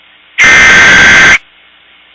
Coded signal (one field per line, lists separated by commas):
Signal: Emergency Alert System (SAME) tones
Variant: header bursts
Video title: Emergency Alert System - Suicidal Tendencies (S1EP1)